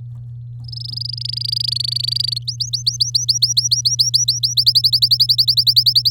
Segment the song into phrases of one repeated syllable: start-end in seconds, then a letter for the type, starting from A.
0.64-2.38 A, 2.47-4.54 B, 4.57-6.10 C